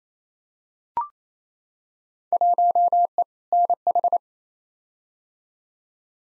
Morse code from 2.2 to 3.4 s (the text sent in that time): 1E